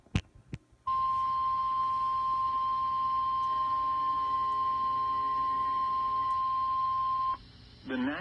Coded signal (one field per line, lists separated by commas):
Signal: Emergency Alert System (SAME) tones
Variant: 1050 Hz attention tone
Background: speech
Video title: EAS Alert #79: Tornado Watch 45 For 6 Louisiana Parrishes (4/13/2018)